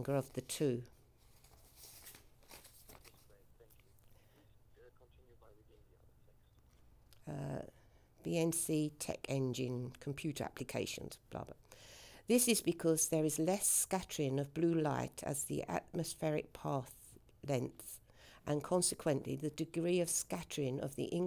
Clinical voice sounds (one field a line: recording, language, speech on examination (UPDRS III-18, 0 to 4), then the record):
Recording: text read into a phone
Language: English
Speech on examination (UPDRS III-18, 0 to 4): 0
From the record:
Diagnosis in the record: healthy control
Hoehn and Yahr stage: 0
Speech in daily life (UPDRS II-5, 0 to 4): 0